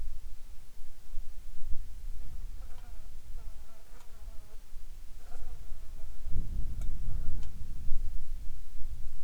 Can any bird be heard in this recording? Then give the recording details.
no. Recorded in the Arctic National Wildlife Refuge, Alaska, on 7 July 2019 at 18:52. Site 41